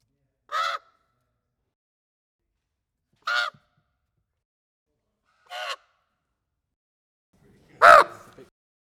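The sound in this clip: Common raven cawing, four harsh croaking calls a few seconds apart, the last one louder and rougher, with nothing else audible.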